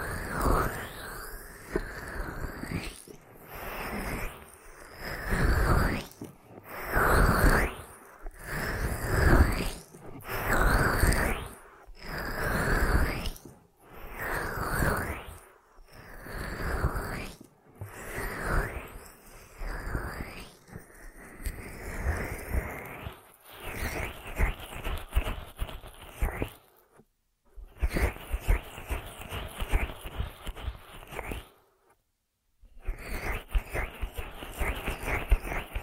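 An ear massage made of soft rubbing strokes that swell and fade in a steady rhythm, roughly one every second and a half, for the first twenty-odd seconds. After that the rubbing turns denser and more scratchy and continuous, broken by two brief silences.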